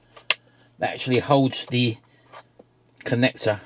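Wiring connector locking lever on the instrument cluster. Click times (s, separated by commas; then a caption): 0.3 s. On the removed instrument cluster of a Vauxhall Astra G, the wiring connector's locking lever is pushed back into its locked position and gives a sharp click at 0.3 s. The lever locks into place, holding the connector, and then someone talks.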